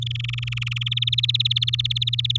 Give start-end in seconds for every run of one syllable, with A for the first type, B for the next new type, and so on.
0.01-0.89 A, 0.91-2.37 B